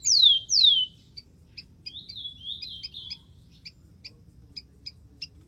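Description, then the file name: Rufous-collared sparrow song: two loud, clear whistles sliding steeply downward, then softer level whistles, among steady high chip notes. "canto do tico tico"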